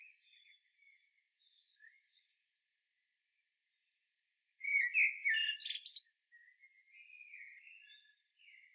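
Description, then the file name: Common blackbird song: faint scattered whistles, then a louder burst of quick scratchy, twittering notes, followed by soft drawn-out whistled phrases. "Turdus merula"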